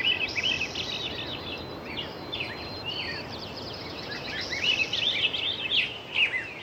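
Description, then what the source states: Songbird: busy, high chirping and twittering from songbirds runs almost without a break, set against a continuous wash of breaking surf. Songbirds with Pacific surf.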